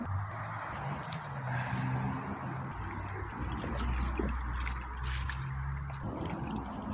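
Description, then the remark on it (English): Water pours steadily into a cup in a continuous trickling stream for about seven seconds, its hollow resonant tone shifting as the cup fills, with no talking. “Anyway, if I guzzle this coffee right now, I can fill up a cup of water.”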